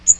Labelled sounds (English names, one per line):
Magnolia Warbler flight call